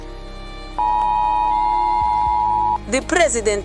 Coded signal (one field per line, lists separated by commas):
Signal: Emergency Alert System (SAME) tones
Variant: 853 and 960 Hz attention tone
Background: speech, music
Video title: WW3 begins in RUSSIA | Fictional Radio Broadcast Experience | EAS